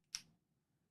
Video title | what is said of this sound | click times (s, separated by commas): Stop Ruining Your Projects! The TRUTH About Crafting Inks - CEDA Day 5: The Basics of Crafting | the closure somehow you will hear a click when it's closed. | 0.2 s